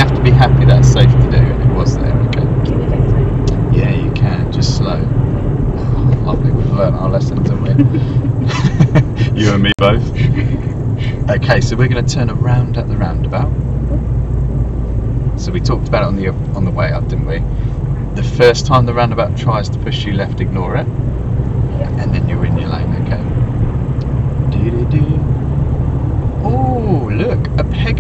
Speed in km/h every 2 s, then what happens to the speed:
48, 42, 37, 32, 31, 26, 24, 19, 19, 21, 26, 27, 27, 21.
0-13 slows to 19. 22-28 slows to 21.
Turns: none.